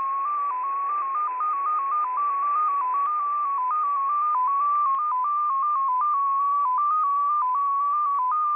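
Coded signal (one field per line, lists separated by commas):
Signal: multi-tone FSK (Olivia or MFSK type)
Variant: XPA2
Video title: XPA2 Data Mode 22/06/2023 1120 UTC 14982kHz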